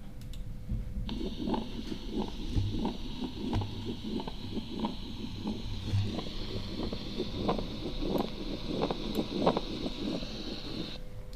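Heart by stethoscope in an adult with pericarditis: a pericardial friction rub, a scratchy, grating sound repeating with each heartbeat.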